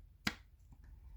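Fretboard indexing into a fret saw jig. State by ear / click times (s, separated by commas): seated / 0.3 s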